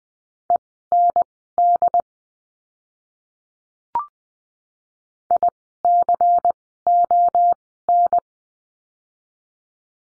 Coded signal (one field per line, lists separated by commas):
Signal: Morse code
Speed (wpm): 20 wpm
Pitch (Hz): 700 Hz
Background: none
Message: END ICON